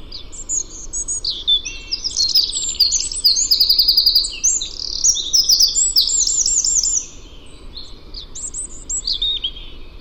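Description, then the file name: Eurasian wren, an energetic high-pitched song of rapid repeated notes and rattling trills, loud for about seven seconds, then quieter fragments to the end. "Troglodytes troglodytes"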